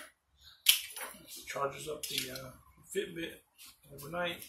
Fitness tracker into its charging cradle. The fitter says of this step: So I think it snaps into place here.